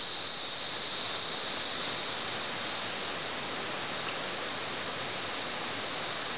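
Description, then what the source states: Cicada buzzing in a steady, unbroken high-pitched drone, easing slightly softer after the first few seconds, with no other clear sounds. At San Ramon.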